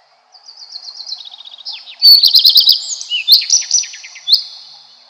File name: Golosa ptic - Gorihvostka lysushka